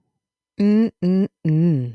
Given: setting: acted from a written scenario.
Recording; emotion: vocal sound without words; desire